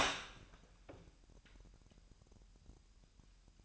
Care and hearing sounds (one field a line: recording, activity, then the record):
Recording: daily activity, microphone in the room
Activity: open door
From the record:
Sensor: 2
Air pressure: 998.3 hPa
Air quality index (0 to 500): 137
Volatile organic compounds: 4 ppm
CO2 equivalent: 1546 ppm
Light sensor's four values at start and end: 12/36/14/14 and 12/36/14/14